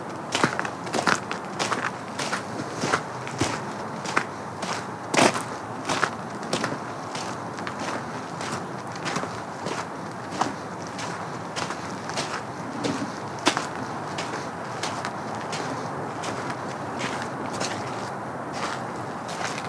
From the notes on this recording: Trek over the creek and through the woods (and field) on a simple trail in Wahlfield Park.